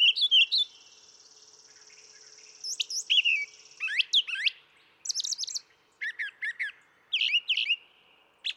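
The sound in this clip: Brown thrasher song: varied phrases of whistles and slurred notes, several repeated in pairs, with a long steady high buzz early on.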